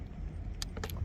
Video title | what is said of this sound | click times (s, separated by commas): Soils Field Testing: Light-weight Deflectometer (LWD) | you hear that click | 0.6 s